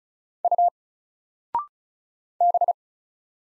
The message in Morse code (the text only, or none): U B